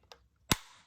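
A plastic pusher piece is pushed into the trophy stand of a Mattel Disney Pixar Cars Global Racers Cup Jumping Raceway playset, the part that pushes the racers onto the trophy stand. A faint tick at 0.1 s comes before one loud, sharp snap at 0.5 s, which rings briefly before fading. The piece snaps in and is seated securely, the loud click signalling that it is secure.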